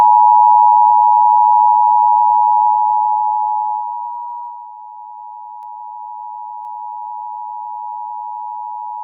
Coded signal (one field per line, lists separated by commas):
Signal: Emergency Alert System (SAME) tones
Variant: 853 and 960 Hz attention tone